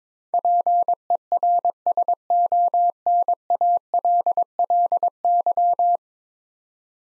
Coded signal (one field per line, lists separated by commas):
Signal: Morse code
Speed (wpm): 22 wpm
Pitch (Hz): 700 Hz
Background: none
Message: PERSONALLY